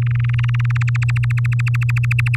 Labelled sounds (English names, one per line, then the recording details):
Domestic Canary song
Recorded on 8 May 2018 at 14:29
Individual llb16